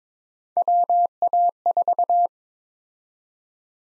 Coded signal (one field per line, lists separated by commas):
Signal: Morse code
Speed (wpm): 22 wpm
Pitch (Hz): 700 Hz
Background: none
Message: WA4